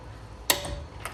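A torque wrench on the last wheel lug nut clicks sharply at 0.5 s as it reaches its setting, confirming the nut is torqued. A fainter tick follows at about 1.1 s.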